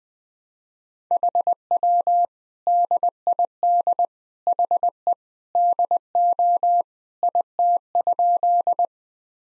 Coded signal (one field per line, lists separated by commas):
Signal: Morse code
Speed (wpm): 21 wpm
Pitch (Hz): 700 Hz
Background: none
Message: HW DID HE DO IT?